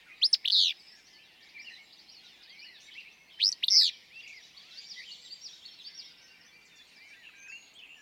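Willow flycatcher song: a sharp, sneezy 'fitz-bew' phrase heard twice, about three seconds apart, clearly above a soft chorus of other twittering birds.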